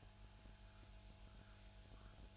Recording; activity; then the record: daily activity, microphone in the room; make coffee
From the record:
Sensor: 2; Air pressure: 1001.9 hPa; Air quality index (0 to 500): 248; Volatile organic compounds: 39 ppm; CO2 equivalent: 3131 ppm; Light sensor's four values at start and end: 8/27/10/10 and 8/27/10/10